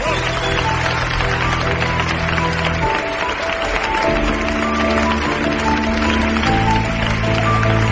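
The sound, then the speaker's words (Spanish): Sustained, loud applause from an audience for the actors of a stage play, a dense steady clatter of many hands clapping for the full eight seconds, with a low sustained musical tone running underneath. “También un fuerte aplauso, por favor, para el sacerdote y psiquiatra Damian Carras, que ha sido interpretado por Fernando Huesca.”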